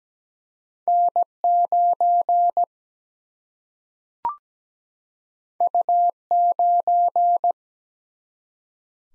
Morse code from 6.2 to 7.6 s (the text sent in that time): 9